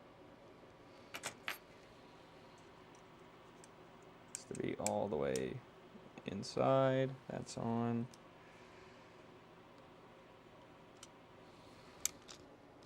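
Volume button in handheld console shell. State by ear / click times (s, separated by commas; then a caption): released / 12.0 s. While a handheld console is being reassembled into a new plastic shell, its small plastic volume button pops out of place with a sharp click at 12.1 s. Before that, light taps and handling sounds come and go, and someone talks in the middle of the clip. The button has come loose from the shell.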